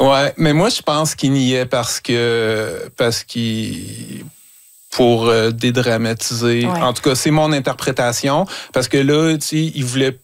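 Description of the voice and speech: A 47-year-old man speaking French, who has stuttered all his life, repeats "parce que" with stretched sounds and a silent block, consistent with stuttering.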